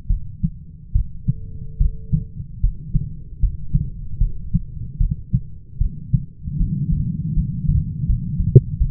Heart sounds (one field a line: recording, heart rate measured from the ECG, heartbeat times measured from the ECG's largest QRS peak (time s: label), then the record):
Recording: heart sounds by stethoscope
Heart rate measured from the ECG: 76 bpm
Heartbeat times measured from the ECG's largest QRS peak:
0.08 s: heartbeat
0.93 s: heartbeat
1.78 s: heartbeat
2.61 s: heartbeat
3.40 s: heartbeat
4.18 s: heartbeat
4.98 s: heartbeat
5.78 s: heartbeat
6.58 s: heartbeat
7.34 s: heartbeat
8.07 s: heartbeat
8.78 s: heartbeat
From the record:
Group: healthy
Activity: cold pressor test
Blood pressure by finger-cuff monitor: 133/64 mmHg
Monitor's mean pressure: 87 mmHg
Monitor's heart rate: 75 bpm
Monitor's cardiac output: 7 L/min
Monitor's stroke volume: 92 mL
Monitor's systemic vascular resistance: 910 dyn s/cm5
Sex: female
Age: 37 years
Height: 168 cm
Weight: 70 kg